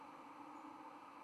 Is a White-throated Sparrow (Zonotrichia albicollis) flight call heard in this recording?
no